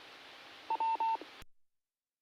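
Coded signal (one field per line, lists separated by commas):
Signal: none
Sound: repeater courtesy tone beeps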